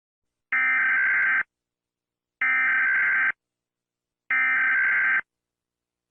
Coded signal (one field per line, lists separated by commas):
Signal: Emergency Alert System (SAME) tones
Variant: header bursts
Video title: rating EAS alarms for fun! (READ DESC)